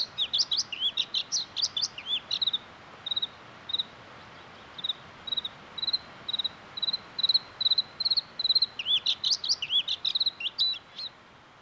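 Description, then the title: Bluethroat song: twisting, varied trills open a series of ringing chirps, then more twisting, varied trills. Typical bird of mountain birch forests and forest Lapland; Lapland's provincial bird. "Sinirinta"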